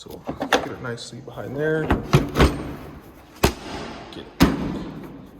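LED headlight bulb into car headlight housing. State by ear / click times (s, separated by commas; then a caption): seated / 4.4 s. An LED headlight bulb assembly is pushed into the plastic headlight housing of a Grand Cherokee after its wiring has been tucked behind a plastic piece so it won't get crimped. Someone talks, then sharp knocks of handling follow, and the bulb snaps into place with a crisp click at 4.4 s. The bulb is seated.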